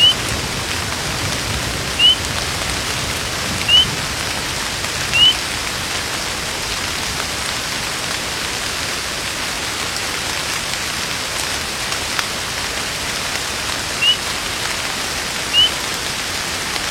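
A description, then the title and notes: A wilderness rain shower hisses steadily, a dense, even wash of falling rain with a soft patter throughout. Short, thin, rising chirps, likely from a bird, cut through every second or two early on, around 0, 2, 4 and 5 seconds, then again near 14 and 15.5 seconds. Echoes of Nature - Wilderness Rainshower.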